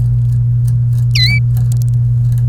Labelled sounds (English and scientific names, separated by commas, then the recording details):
Domestic Canary (Serinus canaria) song
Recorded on 28 April 2018 at 07:25
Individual llb3